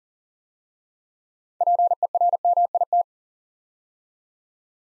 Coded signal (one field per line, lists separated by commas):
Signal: Morse code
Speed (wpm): 40 wpm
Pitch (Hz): 700 Hz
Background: none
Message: PERMIT